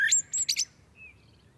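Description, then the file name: Common blackbird with a quick high, scratchy twitter followed by one faint, thin whistle and quiet. "Turdus merula"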